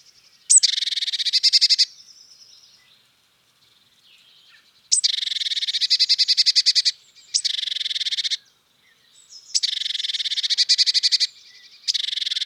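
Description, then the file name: Eurasian blue tit making repeated fast, rattling churrs of buzzy notes, each lasting one or two seconds, separated by short pauses. "Cyanistes caeruleus"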